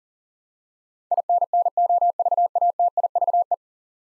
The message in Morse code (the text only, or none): INNOVATIVE